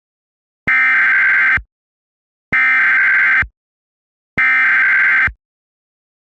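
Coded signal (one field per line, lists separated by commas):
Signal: Emergency Alert System (SAME) tones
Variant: header bursts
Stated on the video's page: SAME tones for an alert made for a fictional EAS scenario.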